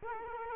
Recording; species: mosquito wingbeat signal from an infrared sensor; Culex quinquefasciatus